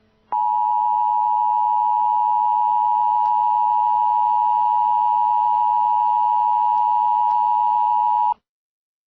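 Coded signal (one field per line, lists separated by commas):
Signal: Emergency Alert System (SAME) tones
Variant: 853 and 960 Hz attention tone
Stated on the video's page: Fictional scenario.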